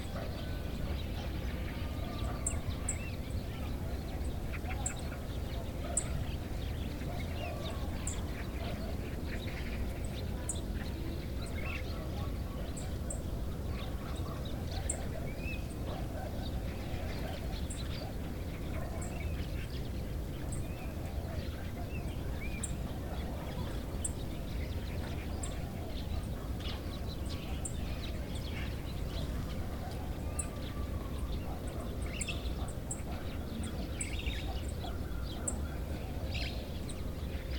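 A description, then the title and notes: Birds chatter through a steady outdoor wash, with short, bright chirps repeating every second or two up high and scattered calls in the middle range. Underneath, a dense low rumble and faint voices or duck-like quacks suggest a distant gathering. Somber morning. Birds wake, chatter. Distant celebration.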